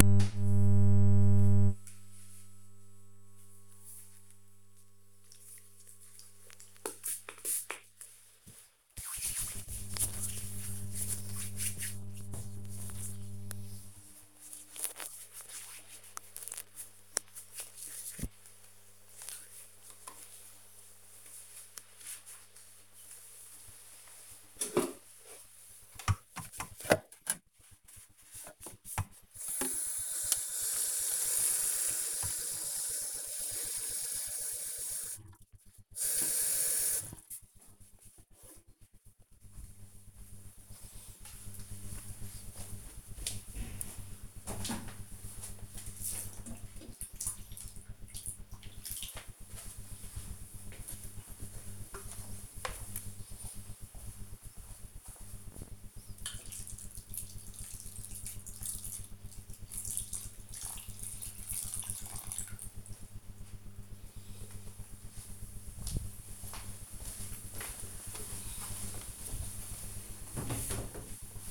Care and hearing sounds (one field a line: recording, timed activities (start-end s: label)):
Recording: household activities, microphone on the right wrist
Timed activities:
5.93-19.01 s: disinfecting hands
25.09-64.38 s: watering plant